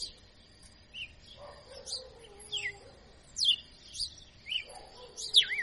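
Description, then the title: Red-cowled cardinal song: short whistled phrases of falling and rising notes, with a softer lower descending note under some phrases, against a faint steady high tone. Female; a 'professor' (teacher) bird singing in açoitando style. "Canto Galo Campina Fêmea. Galo de Campina Professor Açoitando ( Uma Verdadeira Máquina )"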